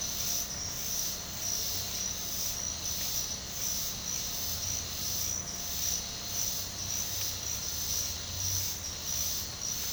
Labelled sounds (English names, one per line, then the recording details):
none
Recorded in pastures near Puerto Asís, Putumayo, Colombia, on 12 March 2025 at 09:30
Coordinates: 0.502, -76.324
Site GP07